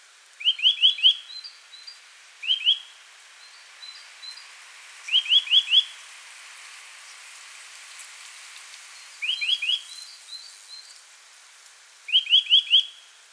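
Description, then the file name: Eurasian nuthatch calls: quick bursts of two to four sharp rising notes, given five times at uneven gaps, with faint soft higher chips between bursts. "Sitta europaea"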